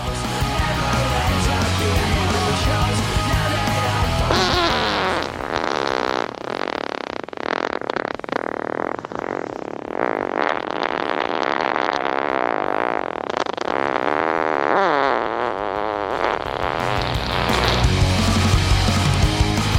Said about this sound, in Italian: sono scoregge vere, Parenzo, sono flatulenze